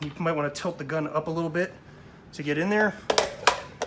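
A 10-round box magazine with a front lip is being handled at the magazine well of a Barrett M82A1 rifle, to be hooked in at the front and rocked up until it locks. Someone talks for most of the clip, then brief sharp handling sounds come near 3.5 and 3.8 seconds. The magazine has not seated or clicked into place yet.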